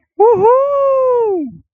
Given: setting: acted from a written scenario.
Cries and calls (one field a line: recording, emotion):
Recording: vocal sound without words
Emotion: triumph